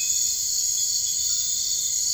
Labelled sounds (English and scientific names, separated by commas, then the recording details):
none
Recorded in dense forest near Puerto Asís, Putumayo, Colombia, on 13 March 2025 at 02:00
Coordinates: 0.485, -76.318
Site G056